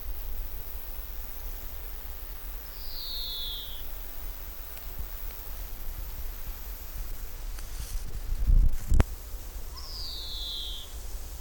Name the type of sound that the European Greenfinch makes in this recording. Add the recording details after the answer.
call. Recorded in the wild. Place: Groß Schönebeck, Schorfheide, Brandenburg, DE. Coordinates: 52.91, 13.53. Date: 1996-08-03 11:42. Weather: heiter, 23°C. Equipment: Sony MD-WM MZ-R3, Sennheiser ME 80, Kopie Uher 4000 Report Monitor. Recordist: Tembrock, Günter